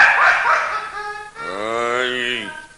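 A stray mongrel dog gives a noisy, breathy cry, then one drawn-out tonal yowl that rises slightly and falls away over about a second, fairly loud and on its own.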